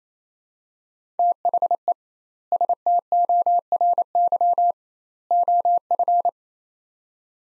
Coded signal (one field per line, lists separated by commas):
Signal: Morse code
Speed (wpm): 28 wpm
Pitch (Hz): 700 Hz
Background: none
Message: THE STORY OF